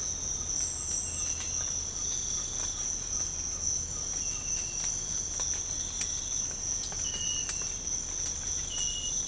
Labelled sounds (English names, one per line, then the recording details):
Ferruginous Pygmy-Owl
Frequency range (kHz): Ferruginous Pygmy-Owl 0.8-2.1 kHz
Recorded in pastures near Puerto Asís, Putumayo, Colombia, on 22 December 2024 at 05:30
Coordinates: 0.496, -76.326
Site G004